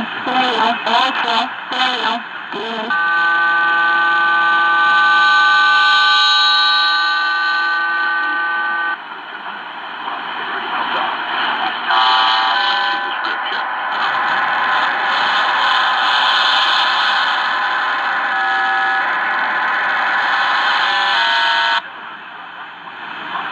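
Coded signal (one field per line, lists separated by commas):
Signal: numbers station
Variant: HM01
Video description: Here is some audio from HM01, the Cuban Spy Numbers station with WBCQ heard underneath it on 9330 KHz.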